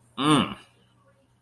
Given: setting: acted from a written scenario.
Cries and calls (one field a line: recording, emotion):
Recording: vocal sound without words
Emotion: desire